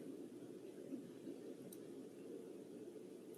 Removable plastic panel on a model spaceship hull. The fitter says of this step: clicks right in place just some good stuff so